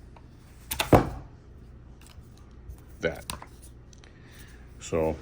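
A Falcam quick release handle, already clicked into the metal mount of a Sony FX30/FX3 camera cage, is pushed down and unexpectedly pops off, showing a faulty lock. Sharp clacks are heard at 0.7 s and 0.8 s as the handle releases, with quieter taps and handling noise afterward. Someone talks during the clip.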